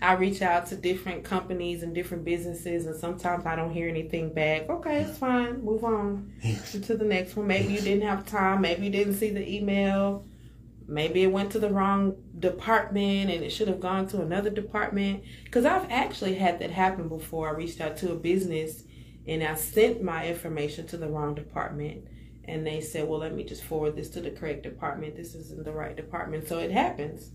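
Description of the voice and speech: Fluent, clearly articulated conversational speech from an adult woman, with brief agreeing interjections in a quiet room.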